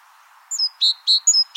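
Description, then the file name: Great tit giving a short series of clipped, ringing notes mixed with high descending whistles, repeated at a brisk, even pace. "Parus major"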